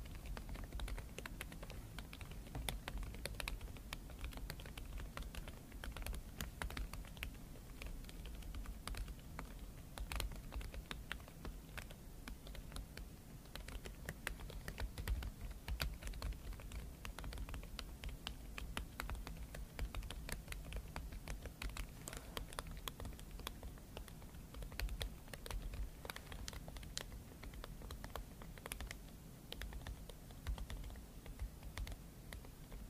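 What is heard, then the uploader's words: Crisp tapping and scratching go on without a break, a dense patter of quick clicks much like typing on a keyboard. The taps are fast and uneven, some sharper than others, over a low, steady hum. Scratching & Tapping ASMR.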